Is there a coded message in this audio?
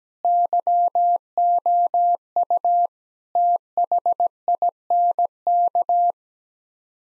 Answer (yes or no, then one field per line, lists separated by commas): yes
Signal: Morse code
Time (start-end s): 0.2-6.1 s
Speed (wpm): 17 wpm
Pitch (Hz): 700 Hz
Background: none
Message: YOU THINK